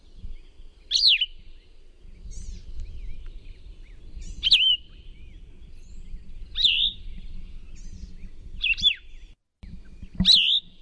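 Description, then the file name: Plumbeous vireo song: short, burry, down-slurred phrases repeated every few seconds with pauses between, over low background noise. "PLVI song"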